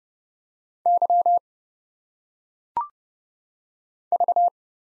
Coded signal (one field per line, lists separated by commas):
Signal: Morse code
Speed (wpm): 31 wpm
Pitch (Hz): 700 Hz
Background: none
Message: Y V